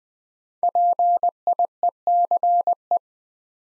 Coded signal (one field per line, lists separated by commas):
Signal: Morse code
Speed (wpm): 20 wpm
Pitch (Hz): 700 Hz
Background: none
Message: PIECE